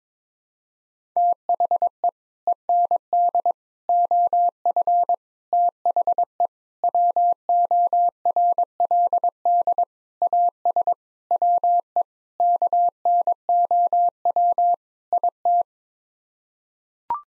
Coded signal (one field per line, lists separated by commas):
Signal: Morse code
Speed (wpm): 21 wpm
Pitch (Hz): 700 Hz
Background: none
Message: THE END OF THE WORLD AS WE KNOW IT